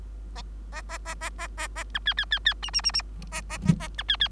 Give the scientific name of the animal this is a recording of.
Lonchura striata domestica